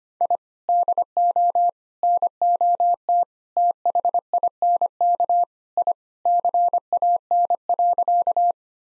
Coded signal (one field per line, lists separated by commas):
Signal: Morse code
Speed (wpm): 25 wpm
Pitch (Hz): 700 Hz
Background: none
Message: I DO NOT THINK I CAN.